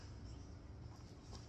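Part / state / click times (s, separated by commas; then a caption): chair seat panel hook into slot on walking stick pole / not seated / none. The folded seat panel of a walking stick chair is being handled against its metal pole, where its hook is meant to latch into the slot when pressed with the palm. Only a steady low background rumble is heard for the 1.5 seconds, with no distinct sudden sounds. Nothing has seated or clicked yet.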